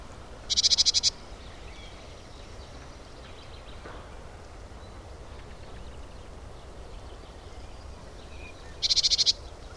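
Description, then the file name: Great tit call heard as two brief, dry buzzy rattles, one at the start and one near the end, separated by several seconds of faint hiss. "Parus major"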